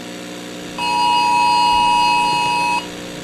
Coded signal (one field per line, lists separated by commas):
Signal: Emergency Alert System (SAME) tones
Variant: 853 and 960 Hz attention tone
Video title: EAS Scenario: The Fog PT. 1